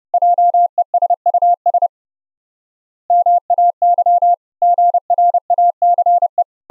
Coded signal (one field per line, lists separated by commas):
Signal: Morse code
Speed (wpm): 31 wpm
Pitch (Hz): 700 Hz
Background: none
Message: JESUS MAY GRACE